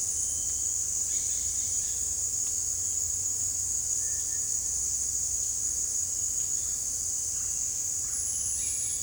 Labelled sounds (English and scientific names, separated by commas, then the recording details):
none
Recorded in dense forest near Puerto Asís, Putumayo, Colombia, on 26 December 2024 at 17:30
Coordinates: 0.485, -76.318
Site GP03